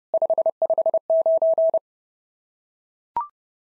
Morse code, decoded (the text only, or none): 559